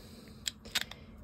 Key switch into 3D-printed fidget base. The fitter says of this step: and simply push it straight in you'll hear it click